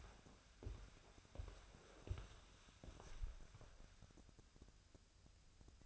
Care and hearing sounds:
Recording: daily activity, microphone in the room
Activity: walk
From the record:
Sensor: 2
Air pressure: 1015.1 hPa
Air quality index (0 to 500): 122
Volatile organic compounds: 4 ppm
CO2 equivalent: 1572 ppm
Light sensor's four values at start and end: 12/33/13/14 and 13/34/13/15

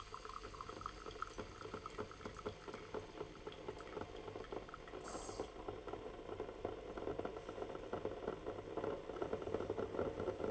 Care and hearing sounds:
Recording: daily activity, microphone in the room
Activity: make coffee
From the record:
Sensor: 4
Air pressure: 1010.2 hPa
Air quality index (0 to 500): 180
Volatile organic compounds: 5 ppm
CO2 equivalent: 1828 ppm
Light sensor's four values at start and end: 28/82/32/32 and 28/83/33/32

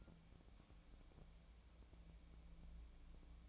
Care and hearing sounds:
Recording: daily activity, microphone in the room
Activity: take from stove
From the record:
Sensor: 1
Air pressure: 1000.0 hPa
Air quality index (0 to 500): 134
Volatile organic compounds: 2 ppm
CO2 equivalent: 1267 ppm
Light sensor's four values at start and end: 44/111/47/58 and 44/111/46/58

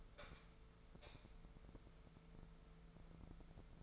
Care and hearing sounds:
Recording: daily activity, microphone in the room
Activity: light on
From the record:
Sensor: 5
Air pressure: 1014.6 hPa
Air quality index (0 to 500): 148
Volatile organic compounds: 4 ppm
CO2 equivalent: 1631 ppm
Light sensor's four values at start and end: 75/181/74/77 and 76/183/75/78

